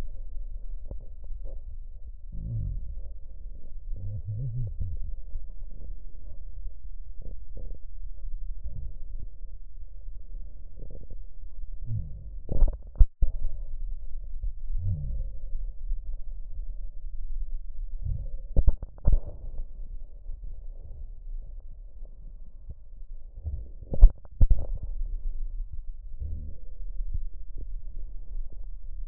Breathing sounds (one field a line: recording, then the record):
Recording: lung sounds by stethoscope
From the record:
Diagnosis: emphysema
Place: left posterior upper chest